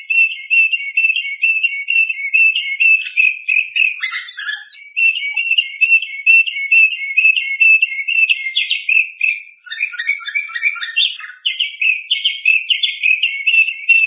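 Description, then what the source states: Bird song, a steady run of thin, whistled chirps at a fast pace, with a few lower scratchy bursts in between. Masteran tutor recording.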